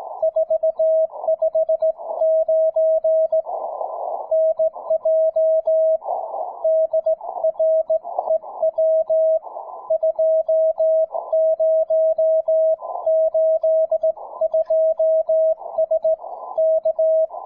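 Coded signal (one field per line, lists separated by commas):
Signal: Morse code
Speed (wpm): 17 wpm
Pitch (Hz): 640 Hz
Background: music, radio noise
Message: 459 NJ DREW 2082S K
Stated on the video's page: SKCC WES CW event, calling CQ with an Elecraft K3, Bunnell Double Speed sideswiper key and endfed wire antenna; some FT8 QRM and weak signals.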